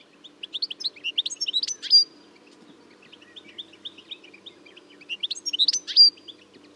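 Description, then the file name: European goldfinch song, rapid tinkling twitter building to a buzzy flourish, heard twice, over a soft low hum. "Carduelis carduelis"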